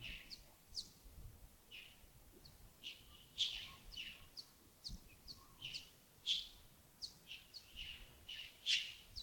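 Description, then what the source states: Birds giving many brief high chirps and tweets, scattered irregularly throughout. Early morning at Yagongding (亚公顶), 28 December 2025, about 07:40.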